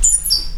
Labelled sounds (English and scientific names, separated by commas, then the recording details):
Stitchbird (Notiomystis cincta) song
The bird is a male
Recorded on Tiritiri Matangi Island, New Zealand, in 2005
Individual 20, of nest box 28